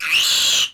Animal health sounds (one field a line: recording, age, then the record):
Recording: pig call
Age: piglet (1 to 25 days)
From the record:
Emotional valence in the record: negative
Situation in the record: castration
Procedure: castration, fixation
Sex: male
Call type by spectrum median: high-frequency call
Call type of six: high-frequency modulated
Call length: 0.74 s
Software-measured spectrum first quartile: 2928 Hz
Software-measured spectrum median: 3788 Hz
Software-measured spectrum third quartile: 5514 Hz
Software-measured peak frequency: 2833 Hz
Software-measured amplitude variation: 93 dB a second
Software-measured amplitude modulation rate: 25.2 a second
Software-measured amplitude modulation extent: 3.7 dB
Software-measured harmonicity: 3.6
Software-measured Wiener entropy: -2.29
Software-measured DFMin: 773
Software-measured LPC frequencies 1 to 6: 1395, 2715, 3131, 4102, 6166, 7318 Hz